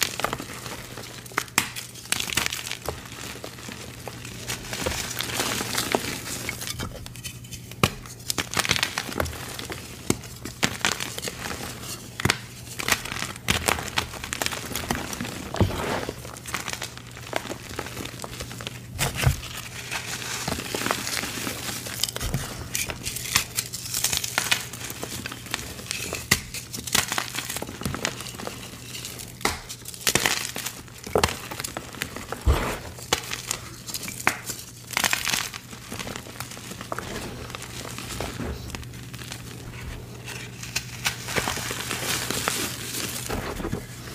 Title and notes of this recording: Fresh & Dyed Blocks Random Gym Chalk Crushing Compilation. Nonstop asmr crushing sounds